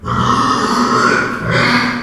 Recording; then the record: squeal of a Yucatan mini pig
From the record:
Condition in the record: after surgery on the right vocal fold (resection and tissue-engineered implant); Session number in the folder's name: 15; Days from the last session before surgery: 175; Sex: female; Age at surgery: 19 weeks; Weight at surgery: 25 kg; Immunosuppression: prednisolone